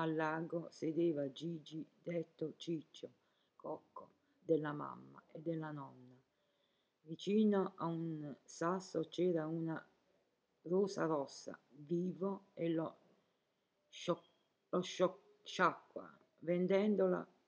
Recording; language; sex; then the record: read passage; Italian; female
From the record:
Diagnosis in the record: healthy control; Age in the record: 70 years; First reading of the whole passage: 149 s, 3.0 characters per second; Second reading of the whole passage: 105 s, 4.4 characters per second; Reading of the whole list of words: 65 s, 4.0 characters per second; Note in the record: marked for poor recording quality or reading difficulty